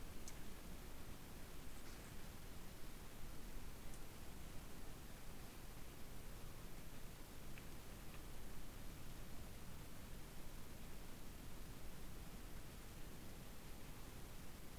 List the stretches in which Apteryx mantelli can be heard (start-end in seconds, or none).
none